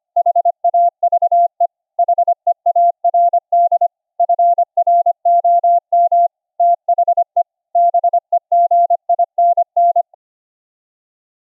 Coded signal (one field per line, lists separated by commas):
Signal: Morse code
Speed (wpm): 25 wpm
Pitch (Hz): 690 Hz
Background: none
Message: HAVE HEARD FROM THE BEGINN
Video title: The Bible in Morse Code Project - LIVE DEMO using Recri Keyer SDR on Linux(Jack) - to listen the CW